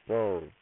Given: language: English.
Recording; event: throat vibration sensor signal played as sound; speech